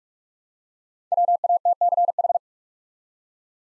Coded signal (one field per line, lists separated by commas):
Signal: Morse code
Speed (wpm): 44 wpm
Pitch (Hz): 700 Hz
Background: none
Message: WATCH